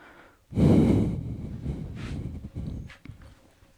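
Tapir snort: a loud, breathy burst, followed by softer rough exhalations that fade over the next two seconds.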